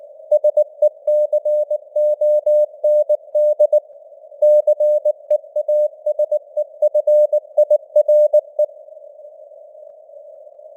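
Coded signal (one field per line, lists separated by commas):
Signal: Morse code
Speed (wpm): 19 wpm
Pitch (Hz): 600 Hz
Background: none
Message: SECOND CEASEFIRE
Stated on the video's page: Morse news headlines at 19 wpm with simulated radio noise and varying signal strength (QSB).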